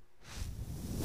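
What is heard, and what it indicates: After a brief near-quiet moment, a soft airy whoosh swells and holds over a low steady rumble: a personal mechanical ventilator pushing a breath, running in the background.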